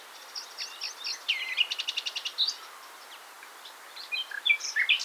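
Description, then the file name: Common nightingale song of varied chirps and a quick burst of repeated clicking notes, followed by sharp twittering phrases against steady hiss. "Luscinia megarhynchos"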